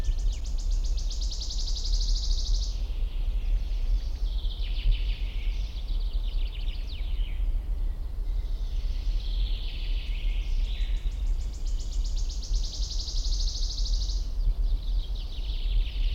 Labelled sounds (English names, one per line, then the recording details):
Common Chaffinch
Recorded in the wild
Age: adult
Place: Mühlenbecker Wald, Brandenburg, DE
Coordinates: 52.689, 13.356
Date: 1993-05-08 11:20
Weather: sonnig, ca. 23 °C
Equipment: Marantz CP 430, Sennheiser ME 80, Kopie Uher Variocord 263
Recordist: Tembrock, Günter